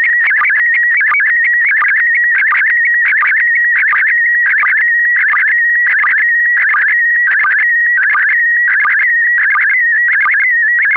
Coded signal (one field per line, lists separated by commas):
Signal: SSTV (slow-scan television)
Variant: PD 90